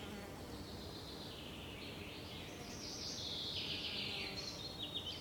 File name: Fringilla coelebs